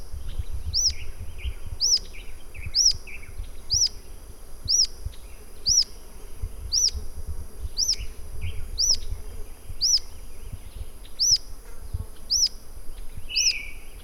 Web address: Rough legged tyrannulet. صدای-پرنده-ژیانمرغک-پازبر